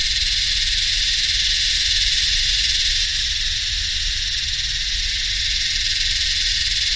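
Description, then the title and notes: Yellowbelly cicadas, a sustained high buzzing hiss of several singers, with a soft low hum in the background. Psaltoda harrisii, several cicadas singing in the heat with humming machines, subtropical dry sclerophyll forest and heathland, Royal National Park, NSW, Australia, 7 December 2015, early summer. "My Yellowbelly friends (Psaltoda harrisii) singing in the heat along with some humming machines in a mixture of subtropical dry scherlophyll forest and heathland. 7th of December, 2015 (Royal National Park, NSW, Australia.)"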